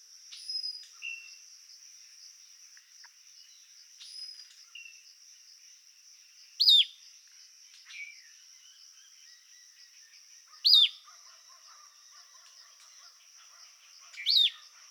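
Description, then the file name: Caribbean elaenia repeating a sharp, downward-slurred call three times, roughly every four seconds, with a constant high-pitched insect whine and scattered soft bird notes behind. Call, Yucatán, Mexico, 8 December 2016. "Caribbean Eleania Yucatan 081216 call"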